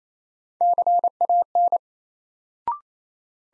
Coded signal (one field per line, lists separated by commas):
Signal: Morse code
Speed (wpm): 28 wpm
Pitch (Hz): 700 Hz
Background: none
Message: CAN